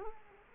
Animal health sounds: mosquito wingbeat signal from an infrared sensor; Culex quinquefasciatus

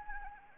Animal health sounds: mosquito wingbeat signal from an infrared sensor; Anopheles gambiae

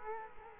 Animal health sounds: mosquito wingbeat signal from an infrared sensor; Culex quinquefasciatus

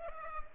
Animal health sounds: mosquito wingbeat signal from an infrared sensor; Culex pipiens

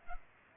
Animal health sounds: mosquito wingbeat signal from an infrared sensor; Culex pipiens

